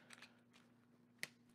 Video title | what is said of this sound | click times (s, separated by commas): Transformers Legacy Dragstrip Review | click into place just like in the other video | 1.2 s